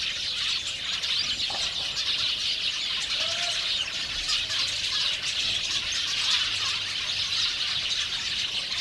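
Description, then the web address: House sparrow flock giving a steady wash of many brisk overlapping chirps, with an occasional lower call. "house sparrows flock passer domesticus briskly chirping"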